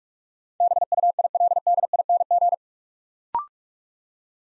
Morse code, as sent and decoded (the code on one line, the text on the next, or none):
-... ..- .. .-.. -.. .. -. --.
BUILDING